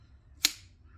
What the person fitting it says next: just pops right in